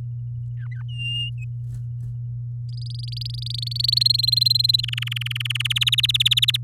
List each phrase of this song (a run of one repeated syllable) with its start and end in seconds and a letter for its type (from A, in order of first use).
0.56-0.83 A, 0.88-1.30 B, 2.69-3.99 C, 4.00-4.81 D, 4.83-5.67 E, 5.70-6.57 F